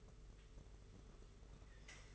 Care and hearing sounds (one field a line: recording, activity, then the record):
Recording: daily activity, microphone in the room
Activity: take from stove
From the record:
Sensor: 4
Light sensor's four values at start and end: 21/75/27/29 and 21/75/27/29